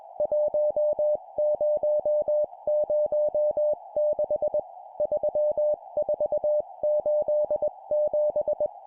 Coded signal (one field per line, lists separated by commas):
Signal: Morse code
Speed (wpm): 21 wpm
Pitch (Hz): 600 Hz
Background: music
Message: 1006 3487